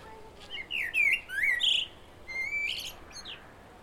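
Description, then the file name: Common blackbird song: rich, fluty warbled notes sliding up and down, each phrase closing in a thin high twitter, two phrases in quick succession. "Turdus merula"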